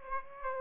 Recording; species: mosquito wingbeat signal from an infrared sensor; Aedes aegypti